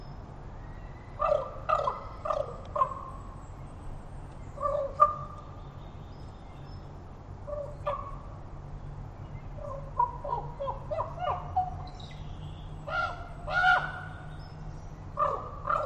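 A raven calls from branches overhead, a series of short, hollow croaks and knocking clucks in loose clusters, with a lull around six to seven seconds and a louder burst near fourteen seconds. A steady low rumble sits underneath throughout.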